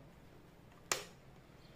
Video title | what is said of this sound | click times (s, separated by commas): Best helmet under 2000 -- Steelbird Helmet -- Moto Doctor | ये lock यहाँ पे लॉक हो जाता है और एक इस पोजीशन पे लॉक होता है। | 0.9 s